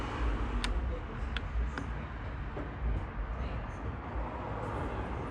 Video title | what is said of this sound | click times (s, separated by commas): HOW TO FIX P07B700 CODE ON MERCEDES BENZ WITH 9G TRONIC TRANSMISSION | It's going to kind of snap into place. There you go. | 1.4 s